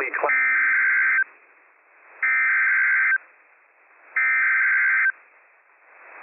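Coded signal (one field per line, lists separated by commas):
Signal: Emergency Alert System (SAME) tones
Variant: header bursts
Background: speech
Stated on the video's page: Real operational dust storm warning from the National Weather Service, Spokane, received on weather transmitter WWF56.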